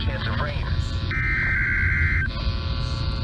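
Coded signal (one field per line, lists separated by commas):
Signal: Emergency Alert System (SAME) tones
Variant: header bursts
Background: speech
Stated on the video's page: Received EAS tests, including Required Weekly Tests.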